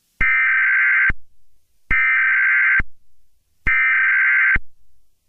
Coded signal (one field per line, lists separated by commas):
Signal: Emergency Alert System (SAME) tones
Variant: header bursts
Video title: Eas Scenario: The Moonlight